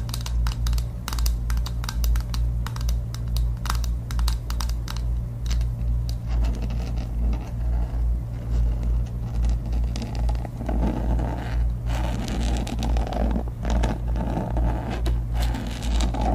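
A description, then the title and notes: Long fingernails tap and scratch on objects in quick, uneven clicks, dense in the first half and shifting after about ten seconds to heavier, rougher scraping. A steady low hum runs underneath the whole time. Tapping and scratching on many new objects, with my super long nails.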